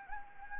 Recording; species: mosquito wingbeat signal from an infrared sensor; Anopheles gambiae